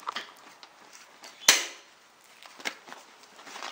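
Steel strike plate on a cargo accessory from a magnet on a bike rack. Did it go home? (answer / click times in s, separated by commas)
released / 1.5 s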